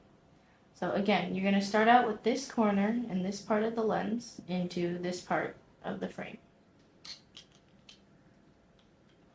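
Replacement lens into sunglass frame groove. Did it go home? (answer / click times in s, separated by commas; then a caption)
no / none. A replacement lens is lined up in the frame of a pair of Oakley Discreet OO2012 sunglasses, with this second lens's corner being worked into the frame groove before it is pushed down. Someone talks from about 0.8 to 6.4 seconds, then faint creaking plastic handling sounds and small ticks follow from about 7.0 to 8.8 seconds. Nothing has seated or clicked yet.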